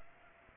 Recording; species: mosquito wingbeat signal from an infrared sensor; Aedes aegypti